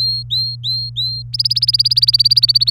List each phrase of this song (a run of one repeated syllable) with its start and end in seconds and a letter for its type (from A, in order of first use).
0.00-1.23 A, 1.33-2.70 B